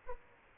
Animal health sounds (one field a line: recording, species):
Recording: mosquito wingbeat signal from an infrared sensor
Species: Aedes aegypti